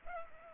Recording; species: mosquito wingbeat signal from an infrared sensor; Culex pipiens